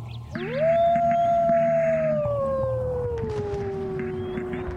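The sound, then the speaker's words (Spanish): A single, drawn-out howl swoops up quickly, then holds a long, loud note that slowly sinks in pitch, sounding alone over a low, steady drone. “Y ya ninguno escuchamos ese aullido solitario.”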